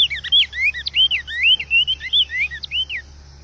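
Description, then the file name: Cinnamon Tanager song of quick, bright whistled phrases, each note bending up or down, delivered in a continuous warbling stream before ending abruptly. "Canto do bico de veludo"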